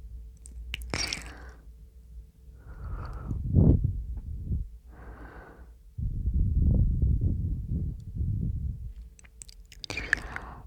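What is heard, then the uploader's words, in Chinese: Someone eating fruit, with crisp bites and wet chewing in bursts, quiet pauses between, and a sharper crunch near the end. 吃果果。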